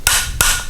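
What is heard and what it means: A supplied torque-limiting tool is turned by hand on a Yakima Baseline roof rack tower bolt for a JetStream roof rack until it clicks. Two sharp clicks ring out at 0.1 s and 0.4 s, the second one longer. The click confirms the bolt is torqued to the proper spec.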